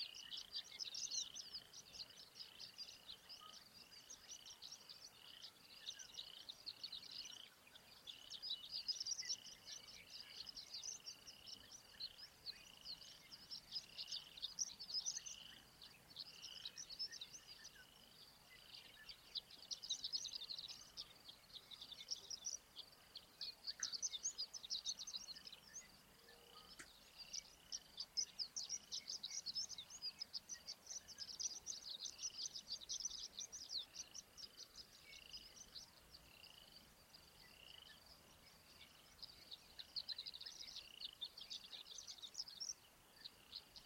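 Dusk over the Pawnee National Grassland brings a dense, continuous chorus of high, rapid trilling and chirping, likely insects or frogs, swelling and easing in waves every few seconds. Scattered bird calls cut through now and then over a faint low rumble.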